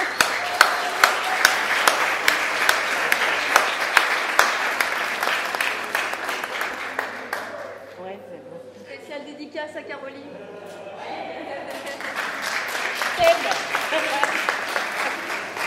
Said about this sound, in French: Et je suis heureuse de prendre la parole aujourd'hui pour l'ouverture de ce 2e festival Art et Alpha, chapeauté d'une main de maître par Lire et Écrire. Un petit tonnerre d'applaudissements, s'il vous plaît.